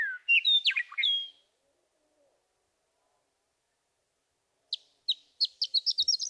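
Western meadowlark song: a whistled opening sliding into a jumbled gurgling phrase, then after a pause a fast run of sharp repeated chips near the end.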